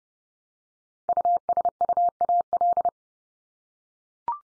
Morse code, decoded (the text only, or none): USUAL